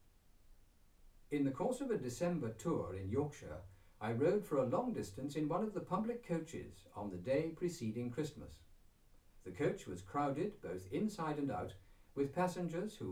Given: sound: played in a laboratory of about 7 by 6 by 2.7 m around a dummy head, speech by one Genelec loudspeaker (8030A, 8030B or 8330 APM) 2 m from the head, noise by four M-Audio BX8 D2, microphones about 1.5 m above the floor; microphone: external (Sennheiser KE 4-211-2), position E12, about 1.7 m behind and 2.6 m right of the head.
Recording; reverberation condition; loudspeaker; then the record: male speech in English; low; 30 degrees to the left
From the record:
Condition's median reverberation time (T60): about 310 ms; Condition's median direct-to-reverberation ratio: about 3.5 dB